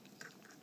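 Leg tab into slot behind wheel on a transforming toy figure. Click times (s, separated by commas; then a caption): 0.2 s. A small tab on the rotated shin piece of a plastic transforming action figure is pushed into a slot behind the wheel while changing it into robot mode. A short, sharp click at 0.2 s marks the tab locking into place, with faint handling noises around it. The tab is seated.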